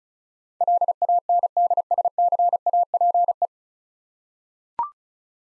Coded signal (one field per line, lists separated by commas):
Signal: Morse code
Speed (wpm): 36 wpm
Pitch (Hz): 700 Hz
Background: none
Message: LANDSCAPE